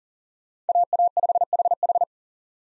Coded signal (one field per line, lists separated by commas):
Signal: Morse code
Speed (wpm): 40 wpm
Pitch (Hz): 700 Hz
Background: none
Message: AA5HH